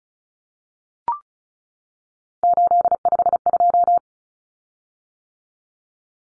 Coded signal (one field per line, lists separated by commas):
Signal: Morse code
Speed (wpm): 34 wpm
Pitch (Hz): 700 Hz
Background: none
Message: 852